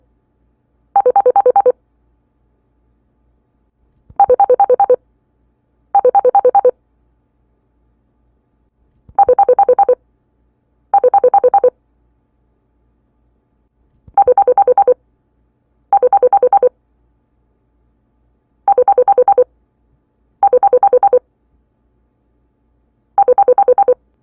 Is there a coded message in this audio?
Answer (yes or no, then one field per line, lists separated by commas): no